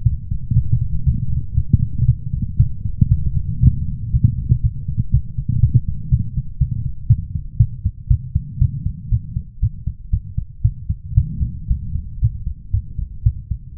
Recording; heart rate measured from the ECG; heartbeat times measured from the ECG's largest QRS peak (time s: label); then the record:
heart sounds by stethoscope; 118 bpm
0.04 s: heartbeat
0.54 s: heartbeat
1.05 s: heartbeat
1.55 s: heartbeat
2.06 s: heartbeat
2.58 s: heartbeat
3.09 s: heartbeat
3.61 s: heartbeat
4.12 s: heartbeat
4.62 s: heartbeat
5.11 s: heartbeat
5.61 s: heartbeat
6.10 s: heartbeat
6.59 s: heartbeat
7.08 s: heartbeat
7.58 s: heartbeat
8.09 s: heartbeat
8.59 s: heartbeat
9.10 s: heartbeat
9.61 s: heartbeat
10.11 s: heartbeat
10.63 s: heartbeat
11.15 s: heartbeat
11.68 s: heartbeat
12.20 s: heartbeat
12.72 s: heartbeat
13.24 s: heartbeat
13.76 s: heartbeat
From the record:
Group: healthy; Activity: light exercise 0-9 s, rest 9-14 s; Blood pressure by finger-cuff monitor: 144/76 mmHg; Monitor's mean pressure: 95 mmHg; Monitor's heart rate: 118 bpm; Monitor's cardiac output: 9.4 L/min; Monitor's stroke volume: 78 mL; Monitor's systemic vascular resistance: 750 dyn s/cm5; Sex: female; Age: 24 years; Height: 163 cm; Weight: 55.7 kg